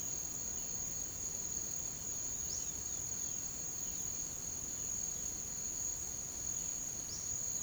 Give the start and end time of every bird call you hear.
2.42s-3.45s: bird call
7.02s-7.32s: bird call

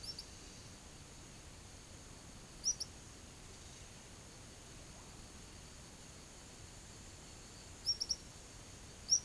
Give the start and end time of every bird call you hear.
0.03s-0.26s: bird call
2.59s-2.92s: bird call
7.78s-8.23s: bird call

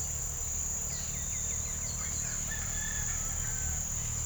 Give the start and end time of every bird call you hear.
0.95s-3.66s: bird call

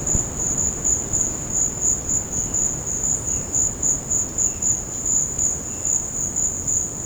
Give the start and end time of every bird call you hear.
2.37s-6.06s: bird call

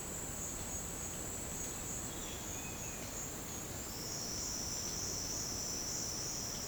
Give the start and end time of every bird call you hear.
2.30s-3.13s: bird call

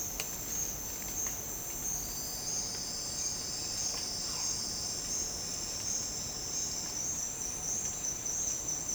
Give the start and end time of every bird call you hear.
3.96s-4.52s: bird call

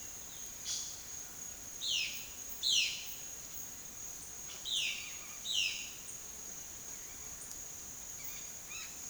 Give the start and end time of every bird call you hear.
0.62s-0.84s: bird call
1.69s-2.93s: bird call
4.60s-5.80s: bird call
8.03s-8.88s: bird call

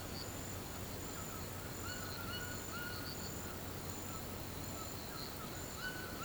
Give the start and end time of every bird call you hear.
1.77s-6.25s: bird call

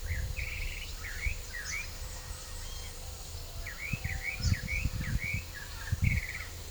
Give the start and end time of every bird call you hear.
0.00s-1.98s: bird call
3.56s-6.51s: bird call

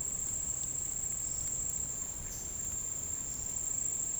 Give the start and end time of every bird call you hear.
1.21s-3.57s: bird call

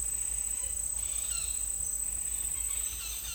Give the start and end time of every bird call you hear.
1.02s-3.34s: bird call

